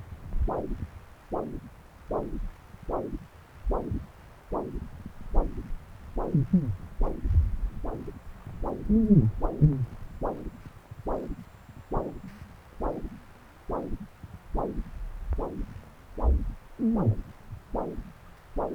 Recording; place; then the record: Doppler ultrasound of blood flow; right subclavian vein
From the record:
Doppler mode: continuous wave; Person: adult scuba diver, at rest before a dive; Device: O'Dive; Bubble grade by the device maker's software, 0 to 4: 0